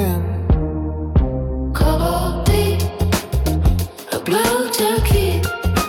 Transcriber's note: Female Vocalist - ethereal, layered, distant